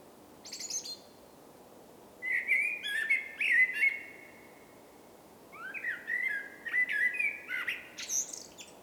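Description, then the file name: Common blackbird song: a high squeak, then flowing mellow whistled phrases with slurred notes and a high scratchy ending. "Turdus merula"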